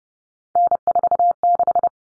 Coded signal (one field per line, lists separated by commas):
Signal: Morse code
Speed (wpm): 30 wpm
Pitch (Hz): 700 Hz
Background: none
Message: N46